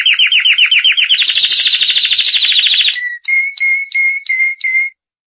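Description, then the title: Canary singing a fast slightly rising series of trilled notes that merges into a continuous roll, then several separate notes with short gaps. "Kicau Burung Kenari"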